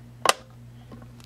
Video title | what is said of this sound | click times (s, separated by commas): Monitors In Motion Stand for the iMac Part I | Clicks in place and it days don't make the same jackass mistake that I made so | 0.3 s